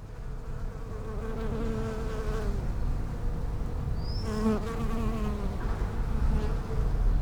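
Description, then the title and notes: Bees buzzing steadily, several overlapping hums wavering in pitch, with a brief higher whine near the middle over a low background rumble. Bees in lavender in a hospital's palliative care garden in Brussels, Belgium; peaceful spot away from other pavilions; recorded with Sony PCM-M10 internal microphones. "Hôpital Brugmann, Place Arthur Van Gehuchten, Bruxelles, Belgique - bees in the palliative care services garden. Bees in the lavender from the palliative care service's garden. Abeilles dans la lavande, jardin du service de soins palliatifs"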